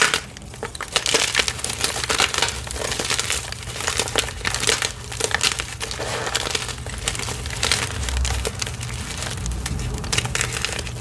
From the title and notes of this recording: ASMR crushing deep blue reforms and plain gym chalk into blue water.